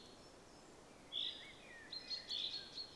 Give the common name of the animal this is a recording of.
Common Chaffinch